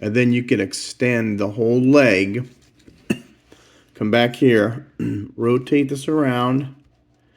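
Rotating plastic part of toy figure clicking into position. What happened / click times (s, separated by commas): The plastic joint is being turned but has not seated yet / none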